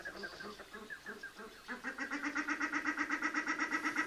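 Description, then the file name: Common shelduck calls: a stuttering series of nasal notes, then a steady fast run of pulsed quacking notes repeated about four times a second. "Volpoca"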